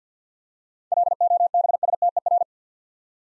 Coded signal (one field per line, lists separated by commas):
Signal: Morse code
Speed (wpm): 48 wpm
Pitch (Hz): 700 Hz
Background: none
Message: LOBSTER